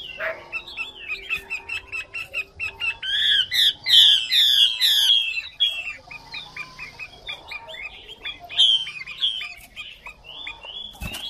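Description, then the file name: Chinese hwamei song: varied whistled phrases building to a burst of loud slurred notes, then softer chattering and more whistles. Female hwamei singing. "Tieng chim hoa mi mai hot"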